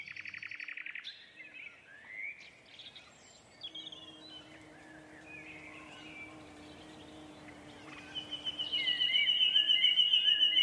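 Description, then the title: Common nightingale song with a quick pulsing trill, quieter scattered chirps and a low hum, then a loud fast run of repeated notes. Two males in a competitive duet at dusk in a dense thorn thicket, north Dorset countryside woodland; a tractor mowing the year's first silage nearby. "Sound Escape 119: An astonishing nightingale duet in a Dorset woodland"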